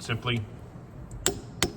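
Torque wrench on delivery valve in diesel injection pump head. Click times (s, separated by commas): 1.3 s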